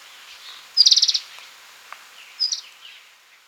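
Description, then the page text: Ultramarine flycatcher call: one loud, buzzy pulsed rattle, then a shorter, softer burst over a second later, with faint high notes in the background. "Ultramarine Flycatcher Call-Song. Quick Sounds"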